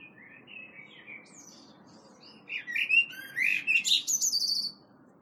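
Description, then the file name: Common blackbird song: quiet, low-pitched warbled notes lead into a loud run of high, thin, chattering twitters. "Turdus merula"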